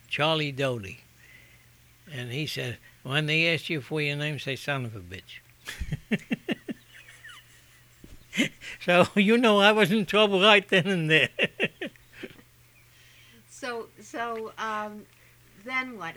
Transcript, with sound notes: Charlie Doty. And he said, "When they ask you for your name, say Son of a Bitch." ( he laughs ) So, you know, I was in trouble right then and there.
So, so, um, then what?